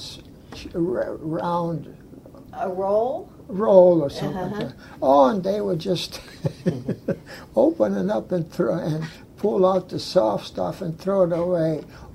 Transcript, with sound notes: It's ra -- round.
A roll.
Roll or something like that.
Ah ha. Ah ha.
Oh and they were just (laughs) opening up and throw -- and pull out the soft stuff and throw it away.